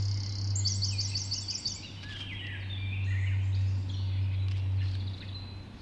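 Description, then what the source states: Birds singing at dawn, opening with a quick high trill of repeated notes, then scattered whistles and chirps from other birds over a constant low hum. Dawn chorus recorded just after dawn in the Forest of Dean.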